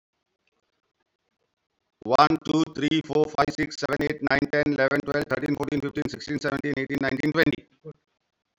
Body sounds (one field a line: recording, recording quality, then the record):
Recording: counting at a fast pace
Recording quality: excellent, no background noise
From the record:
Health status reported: COVID-19 positive, mild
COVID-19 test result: positive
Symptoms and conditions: hypertension, diabetes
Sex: male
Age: 54 years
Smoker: not ticked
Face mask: not worn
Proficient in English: yes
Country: India